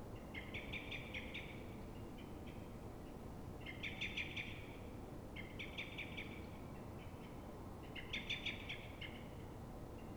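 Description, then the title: Common blackbird alarm, loud chattering series of sharp notes in four bouts, each followed by softer, fainter chatter, over steady low background noise. Alarm call of a frightened or threatened bird at dawn in Fuenlabrada, Madrid, Spain, twenty minutes after earlier calls; probably reacting to a second blackbird heard distantly early on; Zoom H1n recorder. "Pl. de Francisco Escolar, 10, 28944 Fuenlabrada, Madrid, España - Mirlo asustado"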